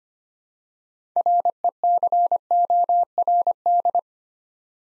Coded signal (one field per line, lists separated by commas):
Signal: Morse code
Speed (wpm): 25 wpm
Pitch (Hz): 700 Hz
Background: none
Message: RECORD